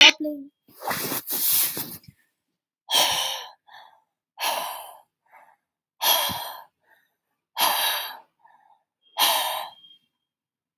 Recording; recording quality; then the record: shallow breathing; excellent, no background noise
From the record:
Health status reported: respiratory illness, not identified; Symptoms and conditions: sore throat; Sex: female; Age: 39 years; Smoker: not ticked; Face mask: not worn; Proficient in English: yes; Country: India